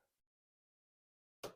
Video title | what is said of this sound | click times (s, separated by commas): Talaria Sing R MX4 Unboxing and Build | get a nice click | 1.4 s